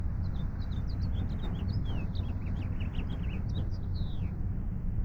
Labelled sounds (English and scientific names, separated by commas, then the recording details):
House Finch (Haemorhous mexicanus) song
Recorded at Breezy Point on Long Island, New York, on 4 June 1975
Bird B